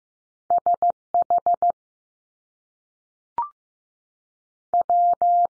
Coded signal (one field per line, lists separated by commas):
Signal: Morse code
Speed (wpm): 15 wpm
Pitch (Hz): 700 Hz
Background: none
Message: S H W